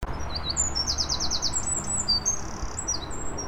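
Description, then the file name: Eurasian wren singing a fast, high, tumbling run of sharp notes and rattling trills without pause, over heavy low rumbling noise. "Troglodytes troglodytes"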